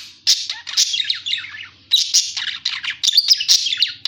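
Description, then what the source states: Parakeet chatter: rapid, scratchy warbling and chirps with quick up-and-down notes, almost continuous, with a faint low mechanical hum underneath. Parakeet calls used as a lure sound for catching birds.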